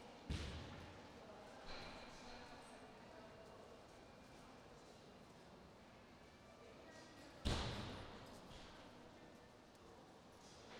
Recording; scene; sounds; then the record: everyday scene through a hearing-aid microphone; reverberant space; background noise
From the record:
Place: railway station hall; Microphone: in the ear canal, right